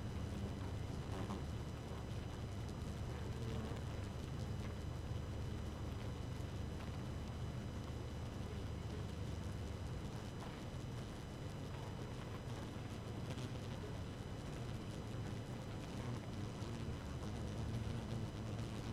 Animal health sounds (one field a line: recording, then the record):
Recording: honeybee colony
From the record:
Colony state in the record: active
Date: 12 June 2018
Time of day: 4:10